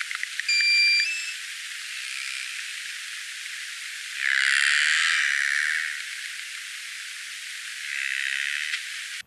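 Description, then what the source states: Narwhal sounds: a short steady whistle at the start, then a few hissy, buzzy bursts. Several narwhals, number unknown, recorded very close to the surface.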